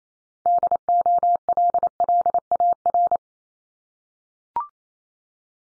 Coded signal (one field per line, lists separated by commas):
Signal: Morse code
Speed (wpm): 28 wpm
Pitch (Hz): 700 Hz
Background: none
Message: DOLLAR